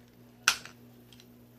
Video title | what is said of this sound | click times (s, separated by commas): Power of the Primes OPTIMAL OPTIMUS Evolution Leader Class Review | push it in until it snaps and | 0.5 s